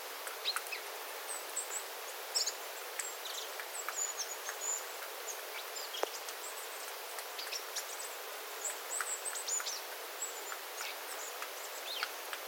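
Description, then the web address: Small birds calling with scattered high, thin notes, mixed with clicks of dripping water throughout. Small flock of small birds calling; water dripping from the eaves after rain; recorded 9 September 2025. "paivat 9 9 2025 pikkulintuparven aantelya vesi tippuu raystaalta sateen jalkeen"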